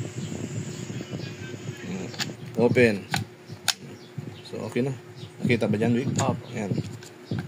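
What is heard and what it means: A Ford Ranger car door latch, its spring retainer replaced, is handled near the striker while someone talks, with a few brief sharp knocks, the loudest around 3.7 s. Nothing has seated or clicked yet; the clip ends before the latch catches and locks on closing.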